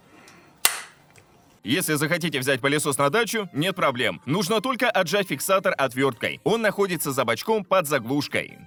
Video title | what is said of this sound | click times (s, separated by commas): Remez IQself+ 🔥ОБЗОР + ТЕСТы🔥 ТОПОВЫЙ МОЮЩИЙ Вертикальный пылесос - 2 валика ✅ Сушка ✅ Самоочистка ✅ | штанга как обычно монтируется одним движением до щелчка | 0.6 s